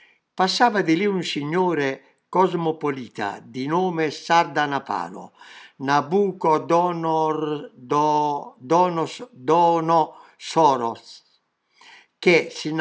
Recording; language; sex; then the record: read passage; Italian; male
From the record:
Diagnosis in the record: healthy control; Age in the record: 77 years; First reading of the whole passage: 68 s, 7.6 characters per second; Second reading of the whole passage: 60 s, 8.3 characters per second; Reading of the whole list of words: 67 s, 4.2 characters per second